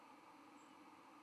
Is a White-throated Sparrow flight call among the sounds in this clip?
no